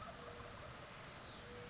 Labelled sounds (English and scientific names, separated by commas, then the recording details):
California Towhee (Melozone crissalis)
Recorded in Sonoma County, California